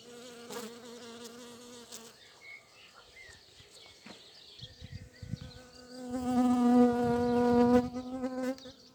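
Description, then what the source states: Bee buzzing in flight: a short hum at the start, a quiet gap with faint rustles, then a louder, wavering drone that cuts off. Bees in flight, 7 May 2022.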